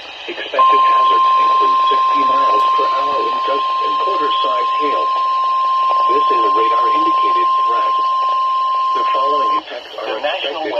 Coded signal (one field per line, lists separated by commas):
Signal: Emergency Alert System (SAME) tones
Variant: 1050 Hz attention tone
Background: speech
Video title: IEMBOT Is Slow As 💩 | EAS Alerts From 3/5/2022 (EAS #1,316-1,348)